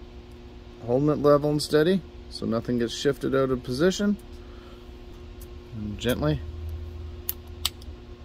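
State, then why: Seated. A plastic power window switch cover is gently pressed onto the switch body with its internal pieces lined up. Someone talks, and the plastic housing's clips snap into place with sharp clicks at 7.3 and 7.7 seconds, and the housing is seated.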